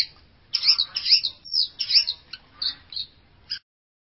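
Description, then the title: Long-tailed shrike song, a brief scratchy warble of harsh, jumbled high notes followed by a few separate chips. "Cendet Pentet"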